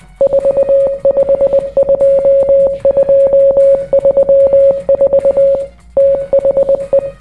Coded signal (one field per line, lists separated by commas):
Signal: Morse code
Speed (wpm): 20 wpm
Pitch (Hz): 550 Hz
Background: none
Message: 452234 THE